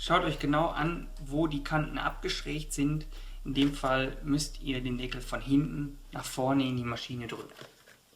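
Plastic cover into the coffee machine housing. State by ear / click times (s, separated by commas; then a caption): not seated / none. Someone talks while handling a plastic inner cover that is to be pushed from back to front into the housing of a Senseo coffee machine until its tabs latch, with music playing in the background. Nothing has seated or clicked yet by the end of the clip.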